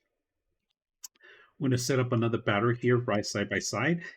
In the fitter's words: fits perfect you close it up snaps in place